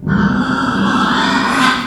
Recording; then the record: squeal of a Yucatan mini pig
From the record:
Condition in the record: after surgery on the right vocal fold (resection and tissue-engineered implant); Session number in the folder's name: 16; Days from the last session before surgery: 183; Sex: female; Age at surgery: 19 weeks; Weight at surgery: 25 kg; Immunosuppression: prednisolone